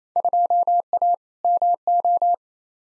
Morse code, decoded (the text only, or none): 2A MO